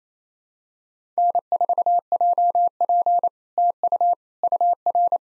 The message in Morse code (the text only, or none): N4JP TU UR